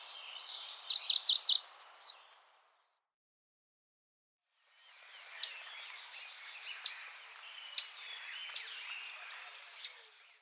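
American redstart song: a quick run of high, thin notes rising to an emphatic end, then a pause and five sharp, high notes.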